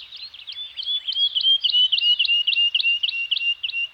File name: Nature Soundscape - Scandinavian Forest Environment with Birds Singing